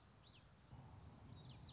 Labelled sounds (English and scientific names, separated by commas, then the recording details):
Common Yellowthroat (Geothlypis trichas)
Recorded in Sonoma County, California